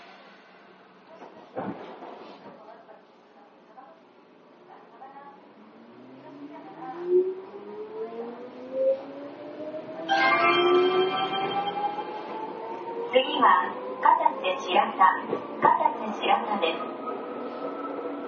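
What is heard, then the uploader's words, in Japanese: An Izukyu 8000 series train pulls away, its motor whine rising steadily in pitch, with clunks and rattles joining louder after ten seconds. 伊豆急8000系 伊豆急下田〜伊東。伊豆急行線の全区間の録音です。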